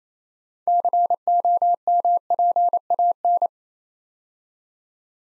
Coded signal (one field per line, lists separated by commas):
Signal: Morse code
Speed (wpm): 27 wpm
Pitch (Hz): 700 Hz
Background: none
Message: COMPAN